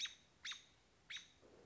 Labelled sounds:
American Robin
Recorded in Sonoma County, California

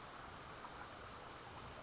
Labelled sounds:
California Towhee
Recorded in Sonoma County, California

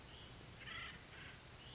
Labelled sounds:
Acorn Woodpecker
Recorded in Sonoma County, California

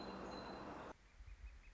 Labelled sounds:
Northern Flicker
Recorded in Sonoma County, California

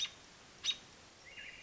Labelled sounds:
American Robin
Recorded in Sonoma County, California

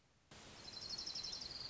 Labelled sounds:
Orange-crowned Warbler
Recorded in Sonoma County, California

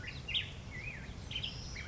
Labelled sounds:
Black-headed Grosbeak
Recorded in Sonoma County, California

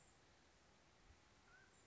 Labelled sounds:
Mountain Quail
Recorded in Sonoma County, California

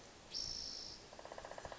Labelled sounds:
Spotted Towhee
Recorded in Sonoma County, California

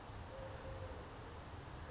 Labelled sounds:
Eurasian Collared Dove
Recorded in Sonoma County, California

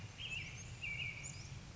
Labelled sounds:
American Robin
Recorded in Sonoma County, California

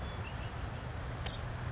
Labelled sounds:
Red-winged Blackbird
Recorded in Sonoma County, California

